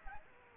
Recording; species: mosquito wingbeat signal from an infrared sensor; Aedes aegypti